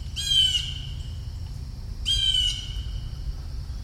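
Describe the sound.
Bird giving two loud, harsh squawks with a rasping, layered tone, about two seconds apart, over a low steady rumble.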